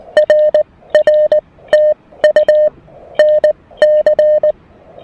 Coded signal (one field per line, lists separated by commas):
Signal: Morse code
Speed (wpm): 16 wpm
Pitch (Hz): 590 Hz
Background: none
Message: R R TU NC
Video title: First POTA activation with the new Mountain Topper MTR-4B V2!